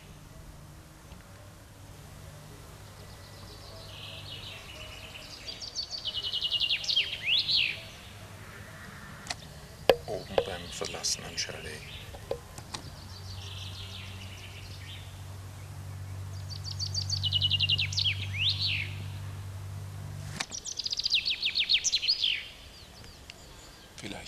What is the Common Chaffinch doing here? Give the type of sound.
song